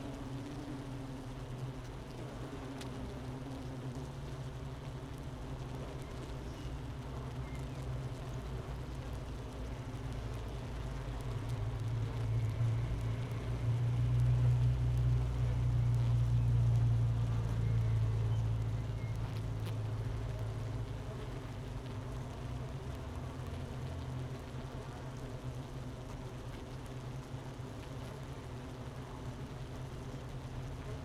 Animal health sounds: honeybee colony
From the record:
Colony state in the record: missing queen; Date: 31 May 2018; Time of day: 10:44

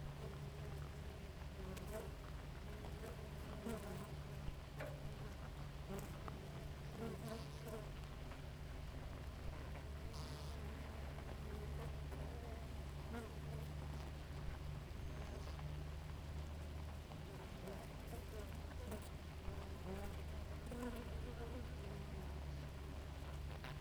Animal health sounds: honeybee colony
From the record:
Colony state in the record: active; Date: 28 July 2017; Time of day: 4:51

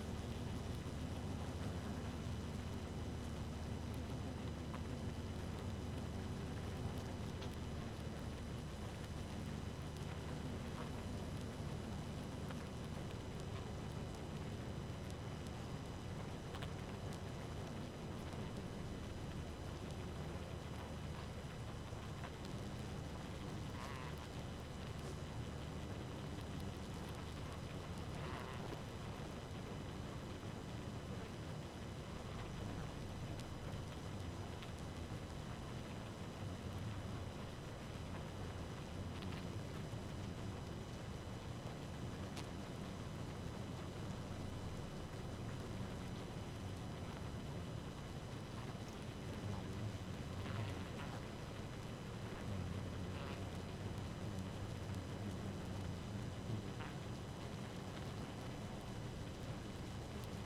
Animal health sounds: honeybee colony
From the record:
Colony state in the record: active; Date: 12 June 2018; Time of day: 2:28

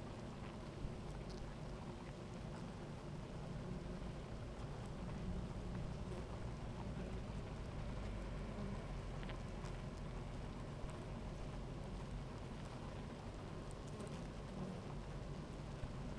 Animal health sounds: honeybee colony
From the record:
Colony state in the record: active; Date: 28 July 2017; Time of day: 16:42

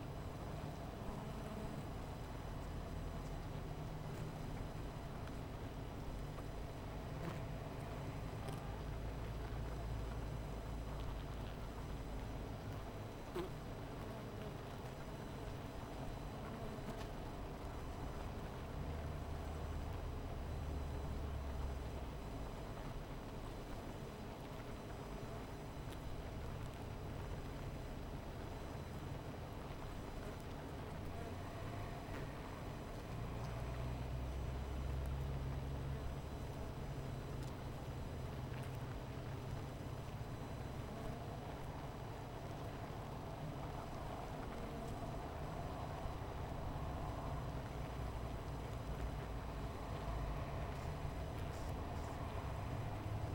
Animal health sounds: honeybee colony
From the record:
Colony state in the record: missing queen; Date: 14 July 2017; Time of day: 17:15

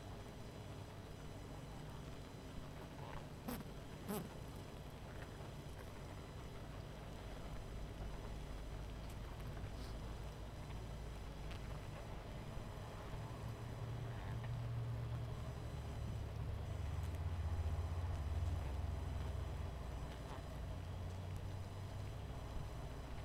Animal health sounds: honeybee colony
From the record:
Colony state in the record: missing queen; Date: 14 July 2017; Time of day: 20:40

